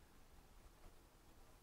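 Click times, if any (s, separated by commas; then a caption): none. A butane fuel canister is pushed into the port of a KOVEA Cupid portable heater and lined up, before being turned to twist-lock. Only steady broadband hiss with faint low handling rustles is heard. Nothing has clicked or locked into place yet.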